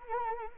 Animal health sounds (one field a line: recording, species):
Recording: mosquito wingbeat signal from an infrared sensor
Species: Anopheles arabiensis